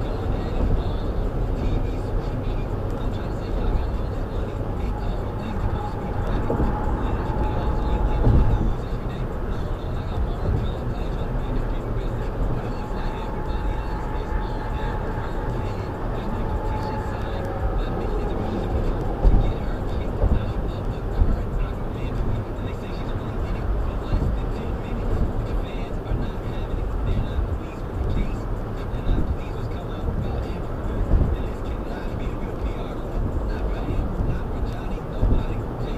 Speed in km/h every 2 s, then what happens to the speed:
111, 111, 113, 111, 111, 111, 111, 111, 111, 111, 113, 113, 111, 108, 106, 105, 105, 105.
0-22 steady at about 111. 22-36 slows to 105.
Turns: none.